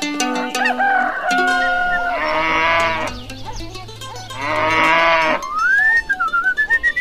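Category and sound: animal, cow mooing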